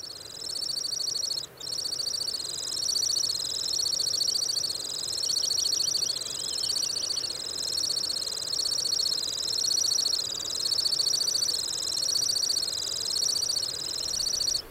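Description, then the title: Temminck's stint song, a long, high, continuous trill that rises and falls in a steady wavy rhythm, broken by one brief pause near the start. "Viikon luontoääni: Lapinsirri"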